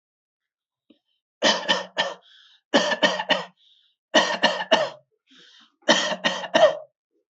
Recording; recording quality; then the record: shallow voluntary cough; excellent, no background noise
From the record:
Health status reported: healthy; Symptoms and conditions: none ticked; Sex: male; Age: 30 years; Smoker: not ticked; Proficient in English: yes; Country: India